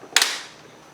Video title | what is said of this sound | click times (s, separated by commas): Chard VS-SS Vacuum Sealer Review | is a little tough to close, but you push with 2 thumbs, you'll hear 2 clicks, 1 on each side. | 0.2 s